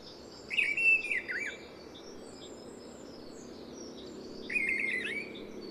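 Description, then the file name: Mistle thrush singing two brief, clear whistled phrases separated by a pause of about three seconds, over steady low background hiss. "Misteldrossel"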